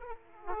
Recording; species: mosquito wingbeat signal from an infrared sensor; Aedes aegypti